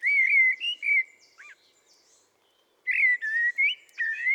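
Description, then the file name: Common blackbird song in two bursts of melodious, flute-like warbling, separated by a short lower note and a pause. "Turdus merula"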